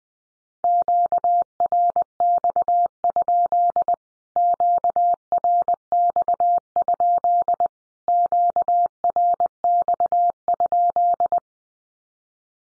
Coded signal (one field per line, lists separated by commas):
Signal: Morse code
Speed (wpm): 20 wpm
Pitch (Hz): 700 Hz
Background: none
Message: QRX? QRX? QRX?